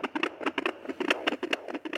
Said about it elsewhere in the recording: Bought a Doppler machine so you could hear her heartbeat. Her heart beating.